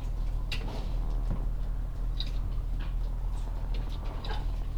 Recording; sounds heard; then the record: poultry house recording; sick chickens (respiratory disease)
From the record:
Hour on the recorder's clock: 16